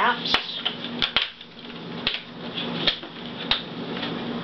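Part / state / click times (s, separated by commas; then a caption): plastic screen bezel clips on a laptop display lid / released / 1.0 s, 1.2 s, 2.1 s, 3.5 s. The plastic screen bezel on the display lid of a Gateway NV4403h laptop is pried off with a finger while someone talks. Sharp snaps are heard at about 1.0, 1.2, 2.1 and 3.5 seconds as the bezel clips pop out one after another, and the clips come loose.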